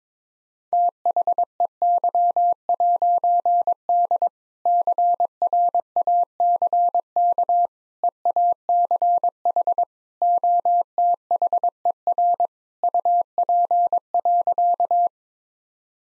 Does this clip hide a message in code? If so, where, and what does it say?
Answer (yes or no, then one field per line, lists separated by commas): yes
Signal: Morse code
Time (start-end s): 0.7-15.1 s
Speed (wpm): 21 wpm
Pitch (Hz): 700 Hz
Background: none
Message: THEY'D CRACK EACH OTHER UP.